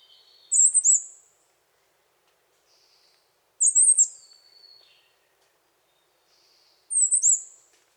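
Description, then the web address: Bird song: three thin, very high slurred phrases roughly every three seconds, with fainter buzzy notes lower between them. Costa Rican cloud forest; song and call. "Birds of the Costa Rican Cloud Forest Song, call"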